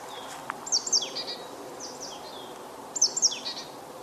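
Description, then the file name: Marsh tit calling: two bouts of crisp high notes with short descending slurs, about two seconds apart, with fainter notes between them. "Poecile palustris"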